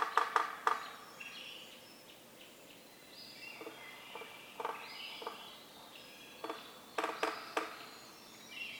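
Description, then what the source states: Yellow-bellied Sapsucker drumming: a quick cluster of sharp knocks at the start, then scattered single and grouped taps, while other birds sing thin whistled phrases in the background. Community of several drummers using various substrates; 6:22–6:50 a.m., starting 15 minutes before sunrise, April 24, 2018, Atlanta, Michigan; stereo.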